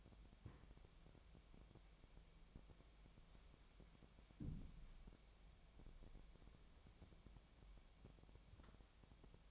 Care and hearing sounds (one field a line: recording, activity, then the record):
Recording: daily activity, microphone in the room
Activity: wipe stove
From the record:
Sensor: 1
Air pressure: 1007.1 hPa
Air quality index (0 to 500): 203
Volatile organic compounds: 21 ppm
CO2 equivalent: 2737 ppm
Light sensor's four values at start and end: 13/33/13/14 and 13/32/13/14